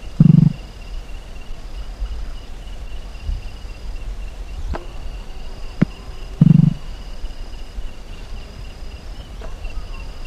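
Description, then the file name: White-winged nightjar calls: two short, low, buzzy notes about six seconds apart, over a steady high drone with a few sharp clicks. "Eleothreptuscandicansjmb"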